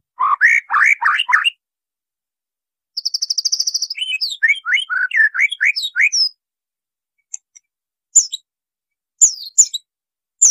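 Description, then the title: White-rumped shama singing quick rising whistles, a buzzy high rattle and rapid varied notes, then sparse high squeaks after a pause. Training song used to teach caged birds to sing. "MASTERAN MURAI BATU LABAIK"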